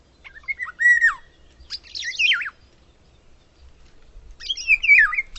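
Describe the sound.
Bird giving a falling whistled note, then a harsh buzzy descending phrase, a short pause, and another rasping, buzzy phrase.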